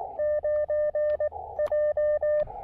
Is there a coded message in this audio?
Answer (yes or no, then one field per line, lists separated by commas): yes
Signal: Morse code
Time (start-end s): 0.2-2.4 s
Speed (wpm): 19 wpm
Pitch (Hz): 590 Hz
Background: none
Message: 9J